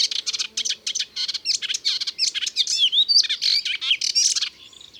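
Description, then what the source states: Melodious warbler song, a fast rambling run of chattering and whistled notes, high-pitched and varied, barely pausing for five seconds. Recorded in Ardèche.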